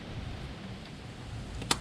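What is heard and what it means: An oil catch can hose quick-connect fitting, part of a dual catch can install on a 2011-2014 F-150, is pushed onto the engine PCV port over a low, steady background. A single sharp click sounds at 1.7 s as the fitting seats home.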